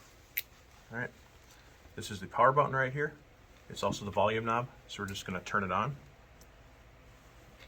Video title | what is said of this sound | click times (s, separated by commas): EFMB Radio Skills | put it on the bottom twist it until we hear a click | 0.4 s